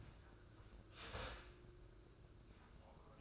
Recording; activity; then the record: daily activity, microphone in the room; start toaster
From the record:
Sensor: 2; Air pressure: 995.1 hPa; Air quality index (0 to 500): 56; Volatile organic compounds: 1 ppm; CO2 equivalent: 906 ppm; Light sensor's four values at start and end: 14/48/18/17 and 15/49/19/18